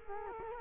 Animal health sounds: mosquito wingbeat signal from an infrared sensor; Culex quinquefasciatus

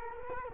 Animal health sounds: mosquito wingbeat signal from an infrared sensor; Culex quinquefasciatus

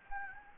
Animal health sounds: mosquito wingbeat signal from an infrared sensor; Anopheles gambiae

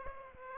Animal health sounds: mosquito wingbeat signal from an infrared sensor; Aedes aegypti

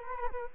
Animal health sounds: mosquito wingbeat signal from an infrared sensor; Culex quinquefasciatus

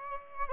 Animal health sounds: mosquito wingbeat signal from an infrared sensor; Aedes aegypti

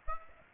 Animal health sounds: mosquito wingbeat signal from an infrared sensor; Aedes aegypti

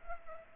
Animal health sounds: mosquito wingbeat signal from an infrared sensor; Culex pipiens

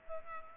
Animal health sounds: mosquito wingbeat signal from an infrared sensor; Culex pipiens

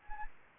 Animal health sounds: mosquito wingbeat signal from an infrared sensor; Anopheles gambiae

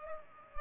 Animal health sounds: mosquito wingbeat signal from an infrared sensor; Culex pipiens

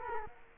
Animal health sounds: mosquito wingbeat signal from an infrared sensor; Culex quinquefasciatus

